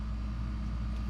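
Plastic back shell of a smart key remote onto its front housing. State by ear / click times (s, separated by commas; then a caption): not seated / none. The plastic back shell of a 2016 Chevrolet Cruze 4-button smart key remote is lined up on its front housing and slowly squeezed after a battery change. Only a steady low hum with faint tonal bands is heard, with no sharp sounds. Nothing has seated or clicked yet.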